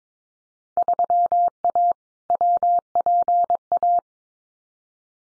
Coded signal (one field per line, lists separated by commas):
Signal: Morse code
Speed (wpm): 22 wpm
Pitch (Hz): 700 Hz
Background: none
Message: 3A WPA